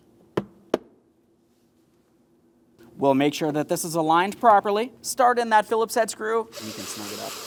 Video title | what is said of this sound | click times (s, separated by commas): How to Replace HVAC Blower Motor Assembly 2003-2008 Toyota Matrix | Now I'm going to carefully lift this up so we can lock in our locking tabs here, but we don't want to close it because we still have to attach our lower shock. | 0.4 s, 0.7 s